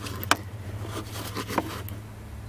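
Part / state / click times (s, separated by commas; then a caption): plastic trim piece in the steering column cover / released / 0.3 s. A plastic trim piece in the steering column cover of a 2002–2006 Toyota Camry is pried out of its clip mounts during ignition lock cylinder removal. A sharp plastic pop comes at 0.3 s, with a second pop near 1.6 s over a low steady hum. The trim piece releases and comes free.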